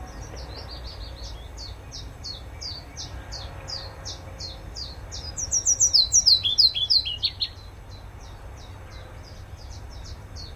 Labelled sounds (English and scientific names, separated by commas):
Willow Warbler (Phylloscopus trochilus)